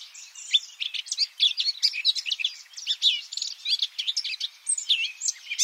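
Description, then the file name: Eurasian blackcap giving a fast, scratchy warble of high chirps and twittering notes, packed almost continuously throughout with no other clear sounds. "Sylvia atricapilla"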